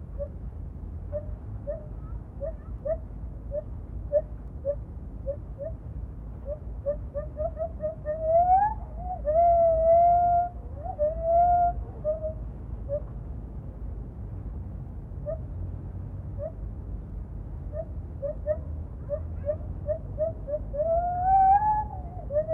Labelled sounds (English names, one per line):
Lar Gibbon